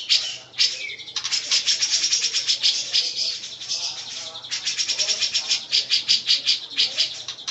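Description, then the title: Grey-cheeked bulbul giving dense, rapid chattering calls, harsh scratchy notes packed in fast bursts with a short pause near the start. Female. "Cucak Jenggot Betina"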